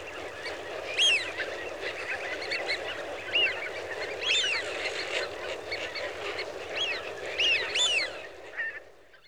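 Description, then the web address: Eurasian wigeon flock calling, repeated bright rising-falling whistles from several birds throughout, often overlapping, above a continuous hiss that fades at the end. "The BBC Sound Effects Library. Wigeon (Anas Penelope) Flock"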